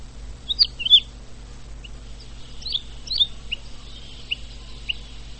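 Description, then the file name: Woodlark giving sparse, soft whistled notes and brief slurred phrases at irregular intervals, with a faint low hum in the background. "lerka"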